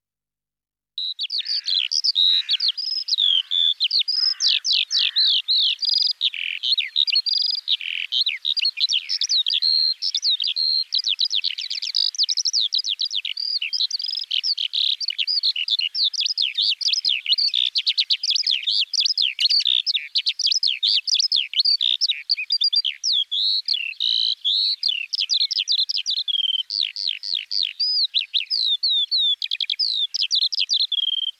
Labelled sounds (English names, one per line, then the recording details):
Eurasian Skylark song
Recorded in the wild
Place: Freiburg/Rieselfeld, Baden-Württemberg, DE
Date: 2004-06-06
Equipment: MiniDisc Sharp MT 20 H, Telinga DAT, Telinga-Parabolspiegel
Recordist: Schwarz, Dieter
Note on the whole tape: Song